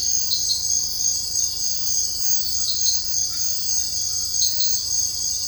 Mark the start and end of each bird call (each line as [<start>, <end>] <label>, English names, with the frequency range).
[1.79, 4.81] Gray-cowled Wood-Rail (0.2-2.8 kHz)